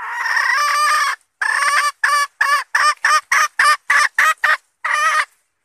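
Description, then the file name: Red junglefowl hen: a long raspy note, then a fast run of many short cackling notes. Hen calling to find a mate. "tieng ga rung mai keu tim kiem ban tinh"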